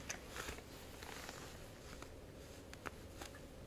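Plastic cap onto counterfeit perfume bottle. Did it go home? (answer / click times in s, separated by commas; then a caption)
no / none. A plastic cap is pressed onto a counterfeit Creed Aventus perfume bottle, producing only faint, soft contact taps and light rustling over a quiet background. The cap fails to snap into place, and nothing has seated or clicked yet.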